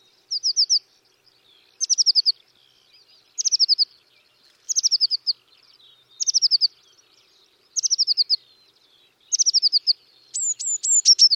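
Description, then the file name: Eurasian blue tit repeating a short high trill of five or six rapid notes roughly every one and a half seconds, ending with a few sharper high notes. "Cyanistes caeruleus"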